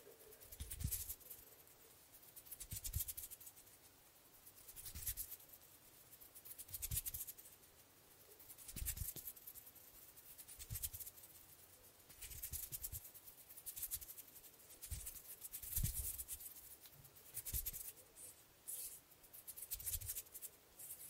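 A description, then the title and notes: Hands rub and flutter in a steady cycle, with a swell of bright, hissy friction roughly every two seconds. Each burst carries a soft low thump underneath, and the pattern repeats evenly. ASMR Super Relaxing Hand Sounds With Finger Fluttering（No Talking）.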